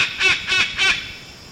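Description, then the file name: White cockatoo giving three quick, harsh, rasping calls, evenly spaced, then silence. "Cacatuaalba"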